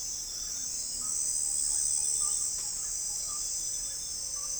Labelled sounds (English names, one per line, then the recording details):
none
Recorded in forest near Pivijay, Magdalena, Colombia, on 5 June 2023 at 05:00
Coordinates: 10.467, -74.380
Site Z5-G034